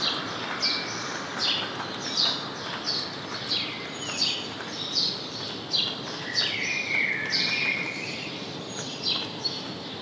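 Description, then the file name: House sparrow chirping, short bright chirps repeated irregularly over steady background hiss, with a few lower drawn-out notes mixed in. "Passer domesticus"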